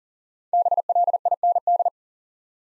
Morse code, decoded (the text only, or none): BLIND